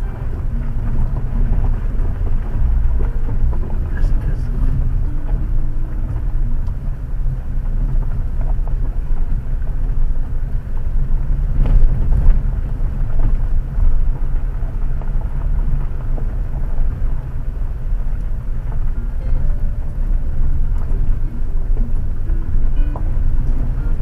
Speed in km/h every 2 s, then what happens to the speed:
13, 12, 12, 13, 14, 16, 17, 18, 17, 15, 16, 16.
0-24 steady at about 15.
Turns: none.